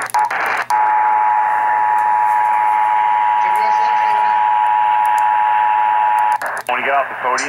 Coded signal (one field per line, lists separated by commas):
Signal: Emergency Alert System (SAME) tones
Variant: 853 and 960 Hz attention tone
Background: speech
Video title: 20 YEARS OF LIVING... EAS Tests from October, 2021 (EAS #6,376 - 6,397)